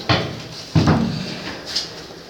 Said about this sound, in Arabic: وقفل لي الباب.